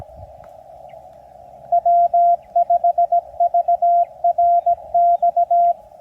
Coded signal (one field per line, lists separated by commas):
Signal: Morse code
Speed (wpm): 19 wpm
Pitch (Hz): 690 Hz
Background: radio noise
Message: W5VRX